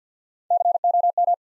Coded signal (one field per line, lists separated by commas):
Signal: Morse code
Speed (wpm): 51 wpm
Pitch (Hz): 700 Hz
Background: none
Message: COM